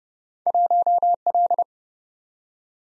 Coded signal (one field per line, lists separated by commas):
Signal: Morse code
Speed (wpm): 30 wpm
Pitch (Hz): 700 Hz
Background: none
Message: 1L